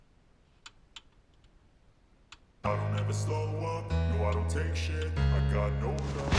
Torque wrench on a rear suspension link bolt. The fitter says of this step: J'ai pris j'ai eu le mérite de prendre la clé dynamo déjà quand même. Ça fait tac tac tac tac.